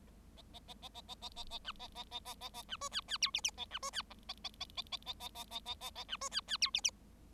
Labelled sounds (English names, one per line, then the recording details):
Bengalese Finch song
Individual Bird7